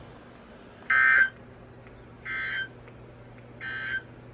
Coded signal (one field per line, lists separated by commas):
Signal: Emergency Alert System (SAME) tones